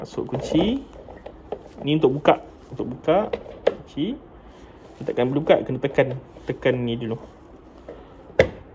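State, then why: Seated. Someone talks while handling a GIVI B45NM Atlas 45-liter motorcycle top case, with a few soft taps early on. After the release is pressed, the plastic lid is pushed down until its latch engages with a sharp click at 8.4 seconds, and the top case is closed.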